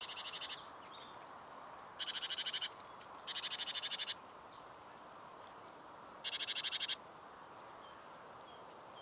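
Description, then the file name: Great tit churring calls: four harsh, rapidly pulsed rattles, each under a second long, spaced irregularly apart, with faint high chirps from other birds between. "Parus major"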